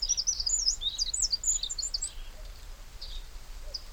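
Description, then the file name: Eurasian wren chirps, a burst of quick, high, thin notes early on, thinning to scattered faint chirps over a low rumble of background noise. "Troglodytes troglodytes"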